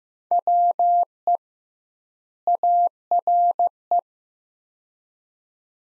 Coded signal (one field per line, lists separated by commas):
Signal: Morse code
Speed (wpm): 15 wpm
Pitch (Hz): 700 Hz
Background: none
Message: WE ARE